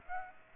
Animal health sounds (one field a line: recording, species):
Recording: mosquito wingbeat signal from an infrared sensor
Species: Aedes aegypti